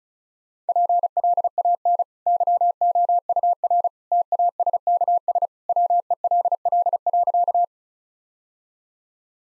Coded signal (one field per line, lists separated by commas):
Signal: Morse code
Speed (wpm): 34 wpm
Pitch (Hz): 700 Hz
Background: none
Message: PLAN YOUR TASKS WELL.